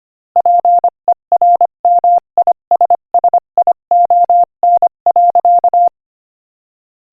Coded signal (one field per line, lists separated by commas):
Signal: Morse code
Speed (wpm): 25 wpm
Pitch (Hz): 700 Hz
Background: none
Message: PERMISSION.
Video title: Morse Code Practice: 25 wpm Inspirational Quote 17